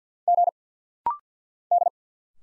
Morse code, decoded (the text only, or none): G D